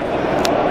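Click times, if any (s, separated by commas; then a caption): 0.5 s. A finger is jammed between the plastic strap and the release lever of a ratcheting strap tourniquet on a limb to let it off after tightening. Over a steady background, a small, sharp click sounds at 0.4 s as the ratchet releases under pressure, showing that some pressure has been taken off.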